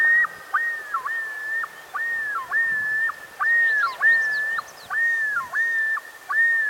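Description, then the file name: Common Loon calling with a ringing, sustained whistle that repeatedly drops and recovers in rapid looping phrases; brief high faint chirps in the middle. "Gavia immer - Great Northern Loon"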